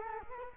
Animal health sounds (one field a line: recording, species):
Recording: mosquito wingbeat signal from an infrared sensor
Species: Culex quinquefasciatus